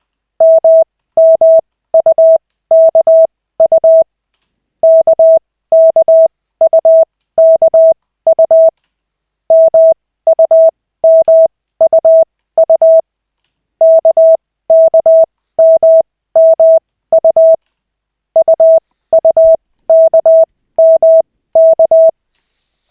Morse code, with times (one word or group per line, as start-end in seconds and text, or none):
0.4-4.0 MMUKU
4.8-8.7 KKUKU
9.5-13.0 MUMUU
13.8-17.5 KKMMU
18.4-22.1 UUKMK